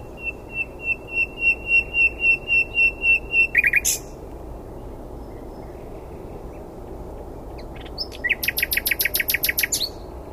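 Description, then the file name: Common nightingale song: a steady series of pure whistled notes repeated about four per second, ending in a harsh burst, then after a pause a fast rattling volley of repeated notes. "Luscinia megarhynchos"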